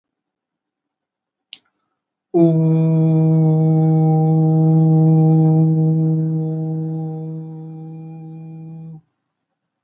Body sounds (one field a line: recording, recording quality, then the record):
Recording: sustained vowel as in boot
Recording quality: moderate, slight background noise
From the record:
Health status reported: healthy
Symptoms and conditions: none ticked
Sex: male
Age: 19 years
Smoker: not ticked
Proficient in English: yes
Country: India